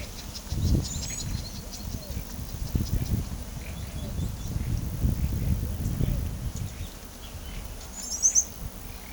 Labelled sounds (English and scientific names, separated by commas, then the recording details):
Palm Tanager (Thraupis palmarum), Tropical Kingbird (Tyrannus melancholicus)
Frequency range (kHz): Palm Tanager (Thraupis palmarum) 6.2-8.4 kHz; Tropical Kingbird (Tyrannus melancholicus) 4.8-6.8 kHz
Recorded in pastures near Pivijay, Magdalena, Colombia, on 5 June 2023 at 17:00
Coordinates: 10.456, -74.369
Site P6-G026